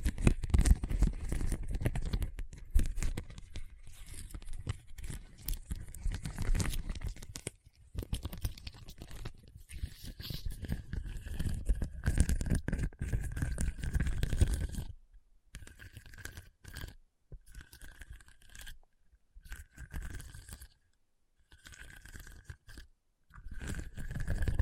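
Rough scratching across a hard, bumpy surface, dense and gritty for fifteen seconds, then broken into short bursts with a thin squeak and gaps.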